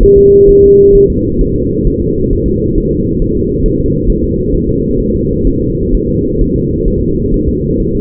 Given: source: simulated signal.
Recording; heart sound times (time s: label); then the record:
fetal heart sounds
0.03 s: S1
0.18 s: S2
0.49 s: S1
0.64 s: S2
0.95 s: S1
1.10 s: S2
1.41 s: S1
1.56 s: S2
1.87 s: S1
2.02 s: S2
2.33 s: S1
2.48 s: S2
2.78 s: S1
2.93 s: S2
3.22 s: S1
3.37 s: S2
3.66 s: S1
3.80 s: S2
4.10 s: S1
4.24 s: S2
4.54 s: S1
4.69 s: S2
5.00 s: S1
5.15 s: S2
5.47 s: S1
5.62 s: S2
5.94 s: S1
6.09 s: S2
6.41 s: S1
6.56 s: S2
6.88 s: S1
7.03 s: S2
7.34 s: S1
7.49 s: S2
7.80 s: S1
7.95 s: S2
From the record:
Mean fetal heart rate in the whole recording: 130 bpm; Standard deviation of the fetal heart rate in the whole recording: 4 bpm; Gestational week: 38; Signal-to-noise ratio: -14.7 dB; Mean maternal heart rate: 72 bpm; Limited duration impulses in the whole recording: present